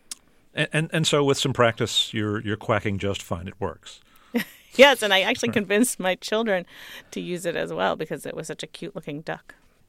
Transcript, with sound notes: And so with some practice, you're quacking just fine, it works?
(LAUGHTER)
Yes. And I actually convinced my children to use it as well because it was such a cute looking duck.